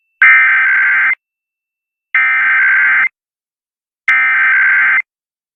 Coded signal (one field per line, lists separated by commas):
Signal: Emergency Alert System (SAME) tones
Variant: header bursts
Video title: KLOVE and Santa Barbara Weekly Tests (EAS #14837-14840) 1/23/24